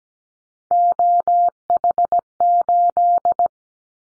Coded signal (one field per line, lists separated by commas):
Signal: Morse code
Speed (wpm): 17 wpm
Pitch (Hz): 700 Hz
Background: none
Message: OH8